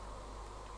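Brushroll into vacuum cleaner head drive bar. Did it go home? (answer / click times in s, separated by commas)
no / none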